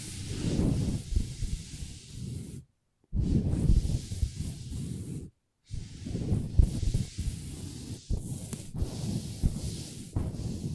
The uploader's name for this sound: Table Tapping & Scratching with Long Nails